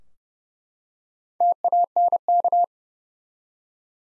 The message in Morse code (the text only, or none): TANK